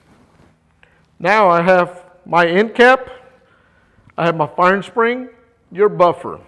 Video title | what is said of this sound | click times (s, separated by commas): How To Clean & Maintain The Nitroset Tool | and you slide it up and it locks in place. | 0.8 s